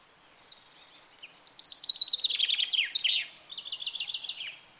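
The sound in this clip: Bird song: a rattling high trill of repeated chirps, dropping in pitch, followed by a second run of notes.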